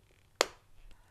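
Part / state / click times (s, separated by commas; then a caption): motorcycle intercom unit into helmet-mounted cradle / seated / 0.4 s. A Cardo Scala Rider Freecom 4 Bluetooth motorcycle intercom unit is inserted connector side first into its plastic helmet-mounted cradle and pressed firmly on the other side. A single sharp click sounds at 0.4 s, followed by faint quiet handling noise. The click confirms the unit is seated and properly connected; without it, the unit would not be securely attached and could fly off.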